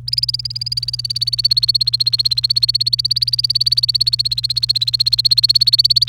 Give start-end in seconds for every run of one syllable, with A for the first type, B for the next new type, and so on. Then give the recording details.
0.07-6.09 A. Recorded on 28 April 2018 at 09:46. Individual llb3